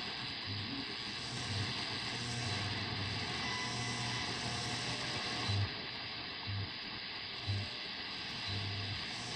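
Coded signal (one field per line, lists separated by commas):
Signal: radio time signal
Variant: WWV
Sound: crackling static hiss with a low hum pulsing on and off in varying lengths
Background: radio static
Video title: Radio Station WWV 5.000.0 kHz. US-Fort Collins-Colorado. [ NIST; Señal Horaria. ]. Summer/Verano. 🎧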